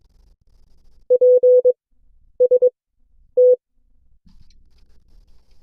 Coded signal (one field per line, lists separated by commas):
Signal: Morse code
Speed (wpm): 22 wpm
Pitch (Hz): 500 Hz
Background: none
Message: P S T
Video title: CW Class - Session 4 (2026-02-12)